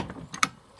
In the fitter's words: on va mettre notre manivelle en place on fait attention qu'elle soit bien enclenchée